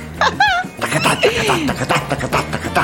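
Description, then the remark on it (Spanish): A horse whinnies in a high, wavering burst, then gives a longer neigh that slides downward in pitch, with other sounds and voices mixed in throughout. “Como un caballo galopando que se siente.”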